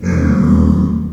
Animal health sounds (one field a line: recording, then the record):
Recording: squeal of a Yucatan mini pig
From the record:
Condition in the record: after surgery on the right vocal fold (resection and tissue-engineered implant)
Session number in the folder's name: 16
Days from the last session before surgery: 183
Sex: female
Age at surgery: 19 weeks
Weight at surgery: 25 kg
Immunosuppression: prednisolone